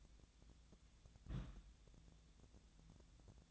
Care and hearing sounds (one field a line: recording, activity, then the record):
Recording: daily activity, microphone in the room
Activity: place on stove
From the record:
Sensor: 3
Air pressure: 1010.0 hPa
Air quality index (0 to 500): 185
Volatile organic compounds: 13 ppm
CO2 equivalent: 2414 ppm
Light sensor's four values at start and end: 40/98/42/45 and 40/99/43/46